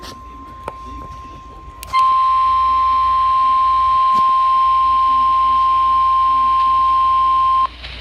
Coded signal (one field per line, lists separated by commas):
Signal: Emergency Alert System (SAME) tones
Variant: 1050 Hz attention tone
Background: speech